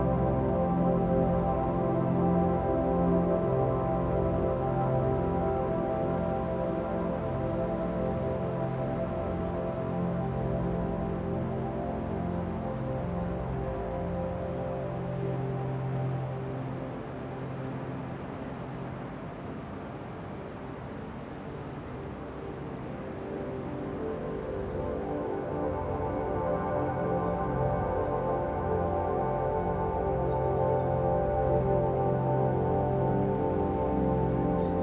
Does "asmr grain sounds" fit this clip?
no